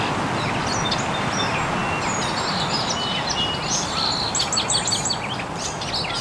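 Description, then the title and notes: Scattered bird chirps, sparse at first, then a busier flurry of high tweets in the second half, over loud steady hiss. Recorded very early in the morning in an estuary. "Birds Chirping in the Early Morning. Original sounds of birds chirping very early in the morning in an estuary"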